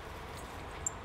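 A plastic part, likely a clip, is fitted into a car brake assembly during a check for a knocking brake. Over a steady low background hiss, it gives one short, sharp click at 0.9 s as it seats in place.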